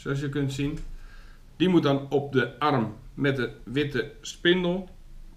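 A plastic propeller with a white ring is handled near the motor hub on the arm with the white spindle of a DJI Mavic Pro drone, where it is meant to be clicked on and then twisted to lock. Someone talks throughout, and nothing has clicked or seated yet.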